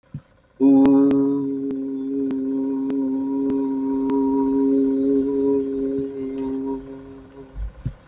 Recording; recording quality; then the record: sustained vowel as in boot; moderate, slight background noise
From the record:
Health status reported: healthy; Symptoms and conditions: cough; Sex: male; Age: 28 years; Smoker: no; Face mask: not worn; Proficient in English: yes